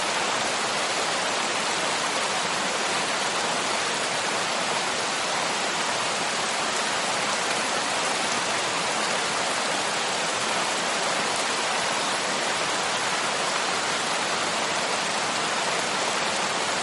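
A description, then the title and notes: Soft rain falls in a steady, dense hiss that never lets up, even and unchanging from start to finish. The sound sits mostly in the middle and upper range, bright, with only a faint low rumble underneath and no separate events. A gentle nighttime storm.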